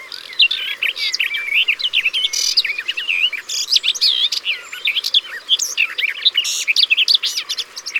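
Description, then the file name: Garden warbler song: a fast, bubbling stream of sweet warbled notes with brief harsher bits, sustained without pause across the whole stretch. Recorded by the water. "Fauvette des jardins Au bord de leau"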